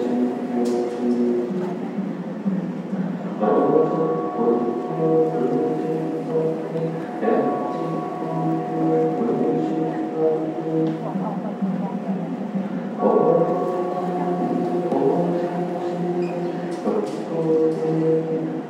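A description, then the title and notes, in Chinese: Chanting of sutras at Xingtian Temple, a dense murmur of many voices holding low sustained tones in unison. The drone is steady and continuous, with the pitch lines shifting and swelling around 3, 7 and 13 seconds, and faint clicks scattered above. 行天宮誦經。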